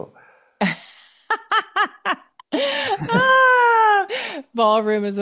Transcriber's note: laughs